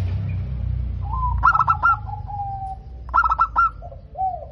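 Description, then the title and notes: Zebra dove: two staccato cooing bursts, the first trailed by a level, drawn-out lower coo, over a low rumble of background noise. Local perkutut, described as gacor (singing frequently) with a loud, clear 'crystal' voice. "PERKUTUT LOKAL GACOR Suara KRISTAL LANTANG. Kicau Burung Perkutut"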